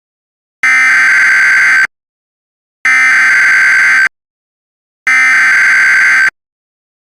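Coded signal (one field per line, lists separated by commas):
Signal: Emergency Alert System (SAME) tones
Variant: header bursts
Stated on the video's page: Mock EAS alert, a macro test, not a real transmission.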